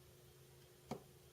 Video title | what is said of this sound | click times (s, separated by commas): Zowie EC2-B mouse and Paraflex Cable | You hear that click? That was it dropping into its original threads. | 0.9 s